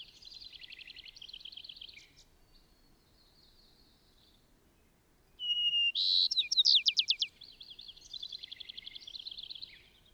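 Bird song: soft twittering trills, a thin whistle, a loud buzzy burst and rapid falling notes, then more trills over a low background rumble.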